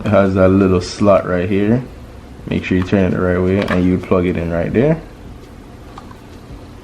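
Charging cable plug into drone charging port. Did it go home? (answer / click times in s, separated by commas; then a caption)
yes / 6.0 s. Someone talks while plugging a charging cable into the little charging slot on the body of a DJI Mavic Mini drone, turning the plug the right way first. After the talking stops, the plug snaps into the charging port with a short, sharp click at 6.0 s, and it is seated.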